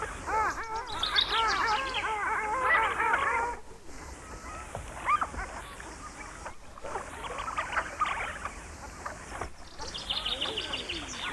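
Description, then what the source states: Long-tailed Duck flock calling: many overlapping nasal, arching yodel-like notes in a busy chorus, louder early on, thinning to scattered calls later. From a Swedish mountain and coastal birds collection by Sten Wahlström, Sweden, 1984.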